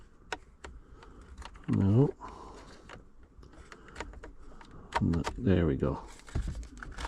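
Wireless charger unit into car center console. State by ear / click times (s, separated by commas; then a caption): not seated / none. A wireless charger unit is handled and turned between orientations at its spot in the plastic center console of a Toyota RAV4 LE, making a series of short, sharp plastic taps and knocks while someone talks. Nothing has seated or clicked into place yet.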